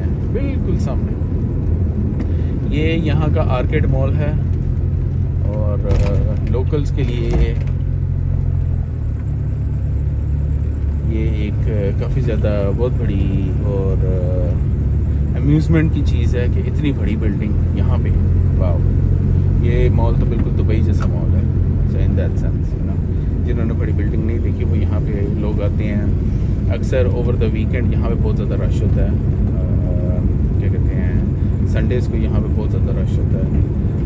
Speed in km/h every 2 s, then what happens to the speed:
26, 22, 11, 5, 7, 10, 13, 16, 19, 21, 19, 18, 19, 21, 21, 22, 23.
0-6 brakes to 5. 6-17 speeds up to 21. 17-34 steady at about 21.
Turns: none.